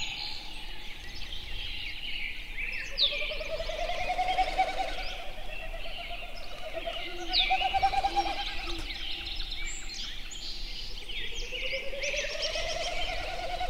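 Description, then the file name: Snipe giving a fast, pulsed hooting series several times, over constant twittering from other birds. "080621-0433 snipes"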